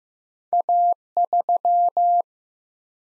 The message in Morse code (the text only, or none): A3